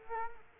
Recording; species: mosquito wingbeat signal from an infrared sensor; Culex quinquefasciatus